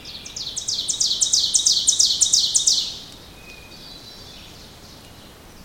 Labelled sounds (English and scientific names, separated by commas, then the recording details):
Ovenbird (Seiurus aurocapilla) song
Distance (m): 20 m
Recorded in boreal forest in Alberta, Canada, on 2 June 2016 at 05:52
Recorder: SongMeter 3, array SBT-3-7
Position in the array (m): -5 m, 88 m
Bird 7